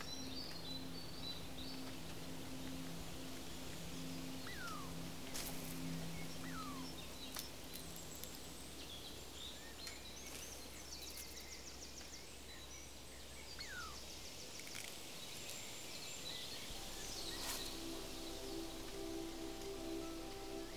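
A walk in the woods with a steady hiss of outdoor noise throughout. A low engine-like drone hums under the first half and returns near the end, while brief bird chirps and a few sharp clicks or snaps appear every few seconds.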